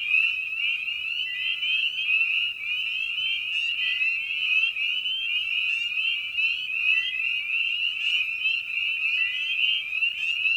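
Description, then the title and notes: Many spring peepers give sharp, high whistled peeps that merge into a constant shrill chorus, with quieter lower notes running along beneath. Spring peepers recorded at a frog pond in the evening; presented in a modified format intended as a sleep aid. "Episode 5: Night of the Peepers. we return to the frog pond for a meditative evening. Species in Focus: Spring Peeper (Pseudacris crucifer). Written, recorded, and produced by Ian Carlsen"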